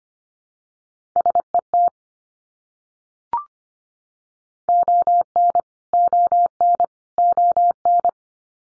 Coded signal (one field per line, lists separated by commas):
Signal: Morse code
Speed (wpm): 25 wpm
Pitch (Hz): 700 Hz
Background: none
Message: SET ON ON ON